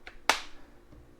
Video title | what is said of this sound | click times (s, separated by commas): Pulituo Cordless Drill Tutorial and Demonstration | and then just push until you hear it click | 0.3 s